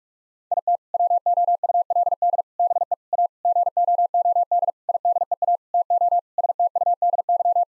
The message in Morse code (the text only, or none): IT WOULD BE A GOOD IDEA TO STUDY